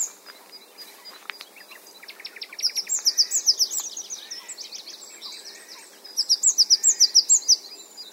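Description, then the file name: Great tit calls: two bursts of rapid, high, thin notes, with fainter chirping between them. "Parus major"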